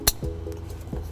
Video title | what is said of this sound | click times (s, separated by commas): 2011 Nissan Rogue Trailer Wiring Installation | let's go ahead and get our connectors plugged in here again we want to hear the click lets us know it's secured | 0.1 s